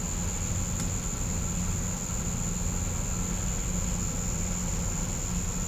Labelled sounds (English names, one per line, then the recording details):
none
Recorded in pastures near Puerto Asís, Putumayo, Colombia, on 21 December 2024 at 08:30
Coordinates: 0.505, -76.324
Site G063